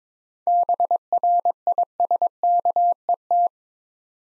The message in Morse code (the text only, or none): BRISKET